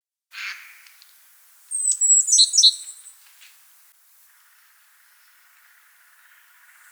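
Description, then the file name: Eurasian blue tit: a short rough burst, then a quick cluster of very high, thin notes, followed by a quiet stretch. "Cyanistes caeruleus"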